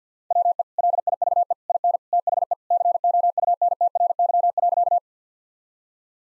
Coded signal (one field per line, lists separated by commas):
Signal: Morse code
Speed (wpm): 50 wpm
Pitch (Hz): 700 Hz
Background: none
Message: WE LIVE IN THE COUNTRY.